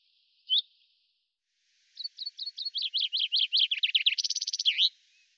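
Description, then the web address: Bird song: a lone high chip, a pause, then a long high trill of sharp notes that speeds up, drops slightly in pitch and ends in a buzzy flourish. "birddata Deverinetal 2025 Bird Fr Co"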